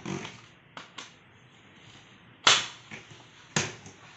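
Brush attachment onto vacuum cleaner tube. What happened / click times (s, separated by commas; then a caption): The plastic attachment snapped onto the tube / 2.5 s. A brush nozzle is attached to the plastic tube or hose of a Philips PowerPro Compact (PowerCyclone 5) FC9330 vacuum cleaner and clicks into place at 2.5 s. Faint handling knocks come before it, and another sharp knock follows at about 3.6 s. The brush attachment is seated.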